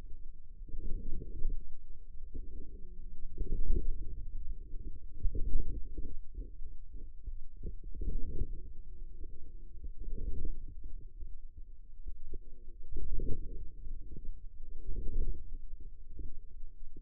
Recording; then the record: forearm muscle sounds (acoustic myography)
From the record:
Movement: inward rotation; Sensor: system 2, bracelet of six BSWA MPA416 microphones around the upper forearm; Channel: 5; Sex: female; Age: 21 years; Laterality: right